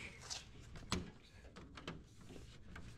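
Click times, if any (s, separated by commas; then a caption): 0.9 s. A Raptor-style plastic grille is pressed into the front grille opening of a Ford Bronco, working across its edge so each clip snaps into the body. A sharp plastic snap rings out at 0.9 s, followed by fainter clicks, and the grille is seated.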